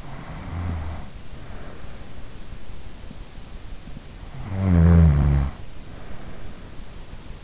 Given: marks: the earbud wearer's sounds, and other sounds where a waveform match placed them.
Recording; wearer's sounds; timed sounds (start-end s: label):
sounds in sleep by an in-ear microphone; snoring breath
0.00-2.35 s: snoring breath
4.24-6.60 s: snoring breath